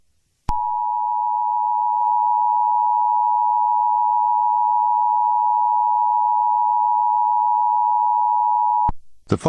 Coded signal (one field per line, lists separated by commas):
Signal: Emergency Alert System (SAME) tones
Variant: 853 and 960 Hz attention tone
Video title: eas scenario catemojibabyheat part 10